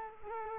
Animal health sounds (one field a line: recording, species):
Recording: mosquito wingbeat signal from an infrared sensor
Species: Culex quinquefasciatus